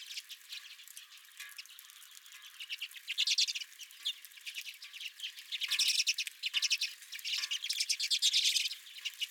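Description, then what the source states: Redpoll calls, soft background twittering building into louder, rapid buzzy trill bursts toward the end. Several redpolls at the recordist's own feeder.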